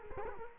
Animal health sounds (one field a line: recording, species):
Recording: mosquito wingbeat signal from an infrared sensor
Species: Culex quinquefasciatus